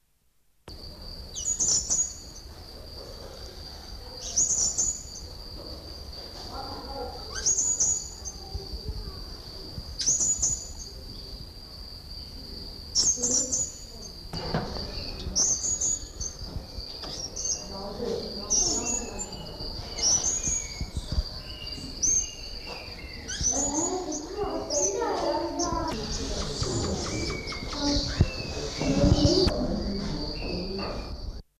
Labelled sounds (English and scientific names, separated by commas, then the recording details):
Vernal Hanging Parrot (Loriculus vernalis) call, Blue-naped Mousebird (Urocolius macrourus)
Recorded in captivity
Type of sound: call
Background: Urocolius macrourus
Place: Zoo Krefeld, Nordrhein-Westfalen, DE
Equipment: Halbspur, 9,5 cm/s
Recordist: Lütgens, Hans
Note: Rufe, gegen Ende mit Blaunackenmausvogel